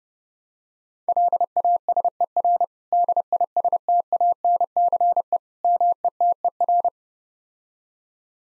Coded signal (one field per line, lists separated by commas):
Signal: Morse code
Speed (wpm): 32 wpm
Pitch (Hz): 700 Hz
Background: none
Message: LASER DISTANCE METER